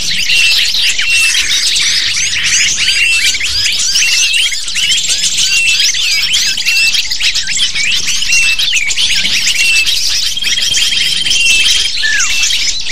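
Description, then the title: Lovebird flock calling continuously, many sharp, high-pitched chirps and squawks piling over one another, with occasional long thin whistled notes in the background. Lovebird calls used as a lure to attract lovebirds. "PIKAT BURUNG LOVEBIRD"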